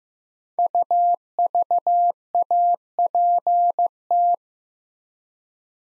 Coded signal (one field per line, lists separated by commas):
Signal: Morse code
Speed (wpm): 15 wpm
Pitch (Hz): 700 Hz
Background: none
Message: UVAPT